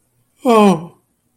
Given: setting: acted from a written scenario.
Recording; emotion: vocal sound without words; sadness